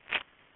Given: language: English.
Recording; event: throat vibration sensor signal played as sound; swallow